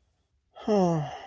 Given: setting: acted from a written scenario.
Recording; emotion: vocal sound without words; shame